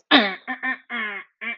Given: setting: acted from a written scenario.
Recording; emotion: vocal sound without words; ecstasy